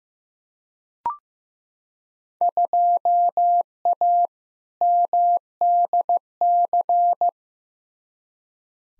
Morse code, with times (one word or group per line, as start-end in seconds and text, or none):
2.4-4.3 2A
4.8-7.3 MDC